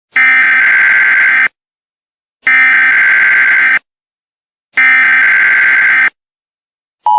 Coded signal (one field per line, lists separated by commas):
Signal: Emergency Alert System (SAME) tones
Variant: header bursts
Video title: EAS Scenario - Jennifer Renzetti is kidnapped.